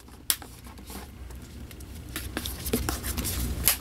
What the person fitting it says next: Make sure you hear all those clicks.